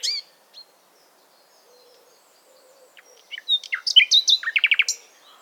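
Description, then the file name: Common nightingale song: a short opening note and a faint second note, a pause, then a loud burst of varied whistles and a fast rattling trill of repeated notes. "Luscinia megarhynchos"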